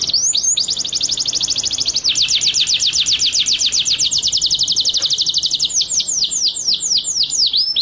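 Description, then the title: White-rumped shama song, a long run of rapid, sharply swept high notes forming rolling trills that shift speed and tone several times without pause. Masteran (training) track; full song in the ngerol nembak style. "Masteran Murai Batu Full Ngerol Nembak"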